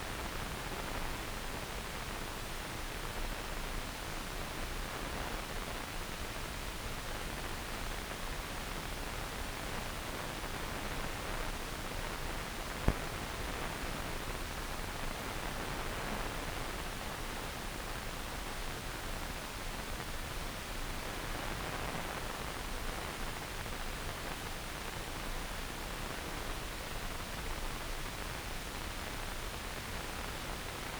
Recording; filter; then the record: brain microelectrode recording played as sound; wide band, above 20 Hz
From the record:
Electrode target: subthalamic nucleus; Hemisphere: left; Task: reaching with the right hand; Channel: 1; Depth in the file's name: 0.251 mm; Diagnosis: Parkinson's disease